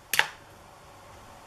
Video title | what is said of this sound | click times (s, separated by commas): DIY Fitness Watch with Heart Rate Sensor | to lock it until it clicks and locks shut | 0.1 s, 0.2 s